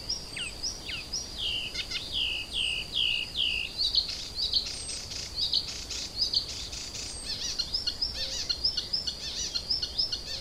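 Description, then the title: Icterine warbler song starting with a run of repeated downslurred notes, then varied rapid chatter of buzzy and squeaky elements, a thin high tone continuing underneath. Kirchdorf, Germany. "Kirchdorf, Deutschland - Gelbspötter"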